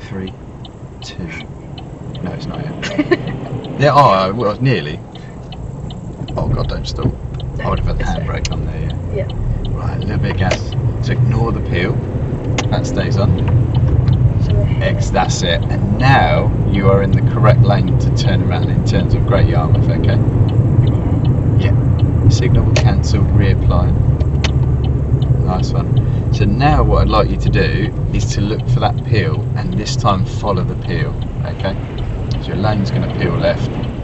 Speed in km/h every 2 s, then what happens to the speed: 0, 0, 0, 6, 13, 18, 21, 24, 31, 34, 34, 29, 24, 19, 13, 11, 6.
0-5 standing. 5-18 pulls away to 34. 18-31 slows to 6.